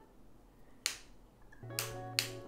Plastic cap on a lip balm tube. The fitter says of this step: And there's like a nice click to it. Do you hear that?